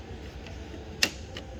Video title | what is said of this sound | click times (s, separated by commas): How to: Remove A/C Condenser 10th Gen Honda Civic (2016-2020) | There it is. That one's loose. | 1.0 s